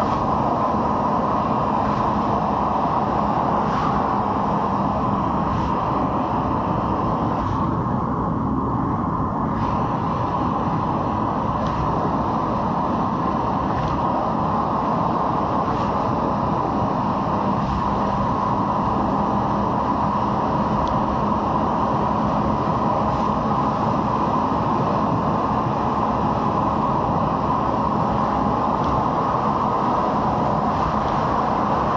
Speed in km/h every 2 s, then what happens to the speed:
74, 73, 69, 68, 67, 65, 67, 67, 69, 71, 73, 75, 76, 74, 73, 75.
0-10 slows to 65. 10-23 speeds up to 76. 23-32 steady at about 74.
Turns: none.